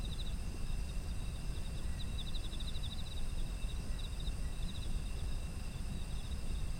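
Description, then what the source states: Insects chirp in several quick pulsed bursts over a continuous high ringing trill and a heavy low rumble. Autumn insects; environmental ambience.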